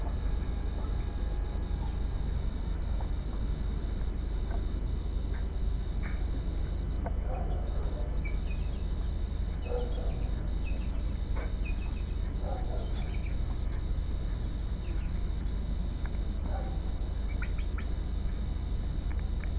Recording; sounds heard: poultry house recording; healthy chickens